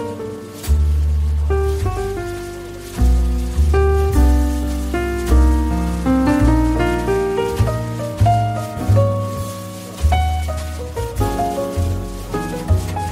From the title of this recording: Beach Cafe Ambience With Relaxing Coffee Shop Music, Ocean Waves, Soft Chatter